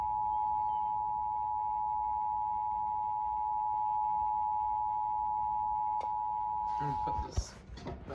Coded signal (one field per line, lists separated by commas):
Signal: Emergency Alert System (SAME) tones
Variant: 853 and 960 Hz attention tone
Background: speech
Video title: WFLO-FM Flash Flood Warning #3 | Sage Relay (9/18/24) EAS #1333